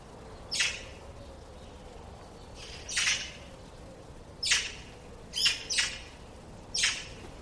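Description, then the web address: Bird making short, rough squawks at irregular intervals, six in all, two of them in quick succession near the end. "cianscape birddata Deverinetal"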